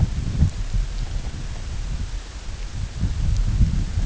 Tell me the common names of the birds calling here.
none